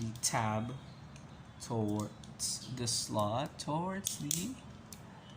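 A plastic tab on a transforming action figure is being pushed toward its slot during transformation while someone talks, with small plastic handling sounds in between. Nothing has seated or clicked yet when the clip ends.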